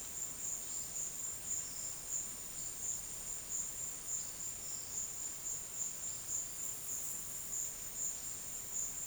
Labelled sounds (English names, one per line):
none